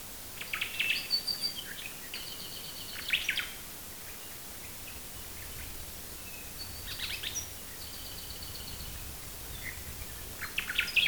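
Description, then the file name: Bird song: several bursts of quick, high chirps and short notes, with quiet gaps between, over a constant hissing background. "manu birdsongs"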